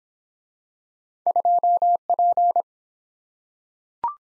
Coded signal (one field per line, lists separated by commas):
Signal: Morse code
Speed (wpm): 22 wpm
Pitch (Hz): 700 Hz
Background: none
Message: 2P